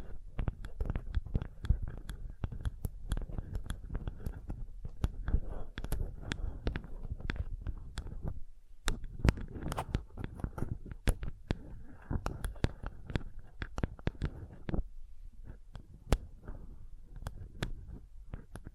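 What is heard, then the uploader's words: Rapid, irregular tapping fills the clip with dense, sharp clicks over a low rumbling thud, thinning briefly near nine seconds and again near fifteen. Sensitive Tapping.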